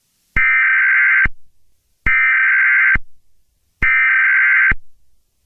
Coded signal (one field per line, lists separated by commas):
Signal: Emergency Alert System (SAME) tones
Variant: header bursts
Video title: Attack of the beasts: an EAS scenario